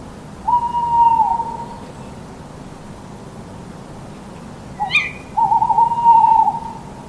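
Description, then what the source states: Tawny owl hoots: two long, steady low notes about five seconds apart, with a sharp click between them over soft background hiss. Two tawny owls calling to each other across a lake in a Brandenburg forest; the female gives the kewick call and the male answers.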